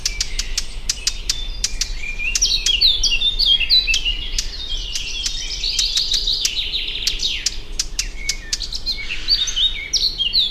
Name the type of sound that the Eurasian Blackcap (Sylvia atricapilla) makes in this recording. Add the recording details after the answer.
alarm call. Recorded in the wild. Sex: male. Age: adult. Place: Schönow, Naturpark Barnim, Brandenburg, DE. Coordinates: 52.6931, 13.5403. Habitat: forest. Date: 2006-06-11. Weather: fair, 15°C, no wind. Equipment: Marantz PMD 660, Sennheiser ME 66, K6P. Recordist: Frommolt, Karl-Heinz